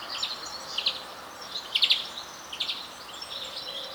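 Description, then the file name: European greenfinch giving three short, high trilled bursts roughly a second apart against steady background hiss. "Chloris chloris"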